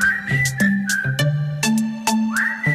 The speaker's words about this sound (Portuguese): Vamos lá assobiar com ele.